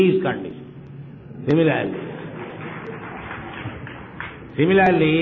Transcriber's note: applause